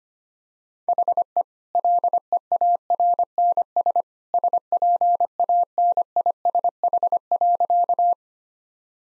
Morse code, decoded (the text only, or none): HE LEARNS SPANISH.